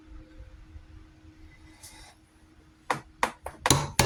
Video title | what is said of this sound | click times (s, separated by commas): FIX Leaking C3 Corvette Brakes & SAVE $200+ (DIY Caliper Rebuild) | Well, there's the click. | 4.0 s